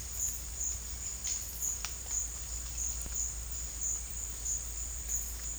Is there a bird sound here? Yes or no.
no